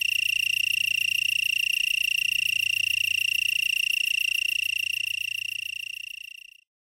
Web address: The Songs of Insects. Black-horned Tree Cricket